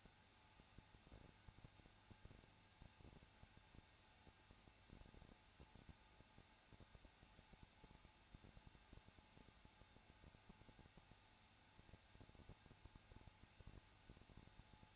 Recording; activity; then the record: daily activity, microphone in the room; no activity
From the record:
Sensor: 2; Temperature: 21.0 degrees Celsius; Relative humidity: 34.2%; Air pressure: 994.4 hPa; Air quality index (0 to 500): 172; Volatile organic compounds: 3 ppm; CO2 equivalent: 1337 ppm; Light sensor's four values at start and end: 2/3/2/2 and 2/3/2/2